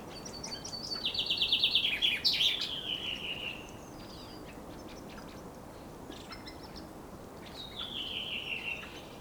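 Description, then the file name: Common chaffinch singing a bright trill that drops in pitch with a quick flourish midway, then a quieter repeat of the descending phrase near the end. "Fringilla coelebs"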